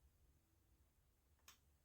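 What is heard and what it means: A spark plug held in a socket with a rubber insert is dropped into the cylinder head hole of a 2001-2005 Acura 1.7 EL and turned backwards by hand. A quiet low hum runs until a single sharp click at 1.5 s as the plug's thread start drops into place. This is the thread engaging before tightening, not final seating.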